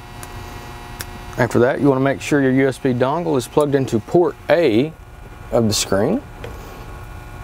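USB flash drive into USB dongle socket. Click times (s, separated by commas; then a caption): 1.0 s. A USB flash drive is plugged into a USB dongle socket for a heavy-duty screen software update, outdoors by a wrecker, and snaps fully seated with a sharp click at 1.0 s. Soft ticks come at 0.2 s and 6.4 s, and someone talks over a low steady hum.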